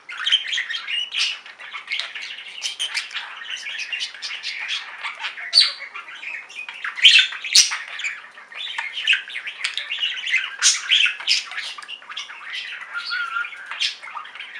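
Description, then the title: Budgerigar chatter: dense, unbroken twittering and harsh squawks, fast and high-pitched, lasting the whole stretch. "Budgie Sounds"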